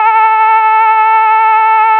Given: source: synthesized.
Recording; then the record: sustained vowel /a/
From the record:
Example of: realistic tremor